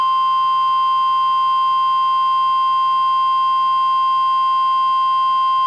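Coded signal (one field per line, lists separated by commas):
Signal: Emergency Alert System (SAME) tones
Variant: 1050 Hz attention tone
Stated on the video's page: NOAA Weather Radio weekly test relayed by a Portland-area NWR station, recorded from a Reecom R-1630 weather radio via Zoom H1 recorder.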